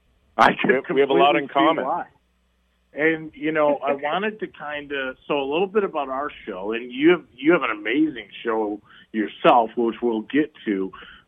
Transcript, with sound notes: we have a lot in common.
And, you know-
(laughs)
... I wanted to kind of ... So a little bit about our show, and you have, you have an amazing show yourself, which we'll get to.